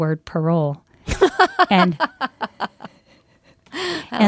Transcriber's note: soundbite of laughter